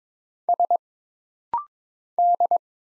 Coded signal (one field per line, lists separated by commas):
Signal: Morse code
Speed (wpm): 22 wpm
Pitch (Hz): 700 Hz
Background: none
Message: S D